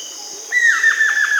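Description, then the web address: Buff-throated woodcreeper call: a sustained whistled note that breaks into several quick dipping inflections, over a steady high drone. Amazon region of Peru. "Natures Songs S America Birds of the Amazon 2. Buff-throated Woodcreeper (Xiphorhynchus guttatus), Peru"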